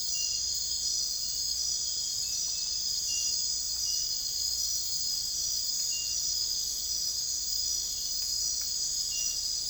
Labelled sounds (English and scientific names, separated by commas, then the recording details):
none
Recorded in secondary vegetation near Puerto Asís, Putumayo, Colombia, on 22 December 2024 at 00:00
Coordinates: 0.484, -76.319
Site GP06